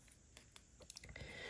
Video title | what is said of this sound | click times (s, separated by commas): WWE Mattel Monday Night Wars Elite Full Set Review And Build A Figure 🔥🔥🔥🔥 | substitution so the arms do click right in like so | 0.9 s, 1.0 s